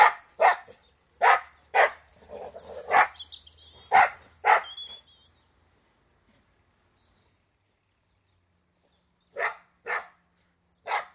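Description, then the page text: Dogs barking in sharp bursts, several quick barks then a pause and three more, with a faint bird chirp between them. Border Collies and Labradors playing and fighting outdoors, with some early morning birdsong. "BBC. Border Collies & Labradors, exterior, playing & fighting, with some early morning birdsong"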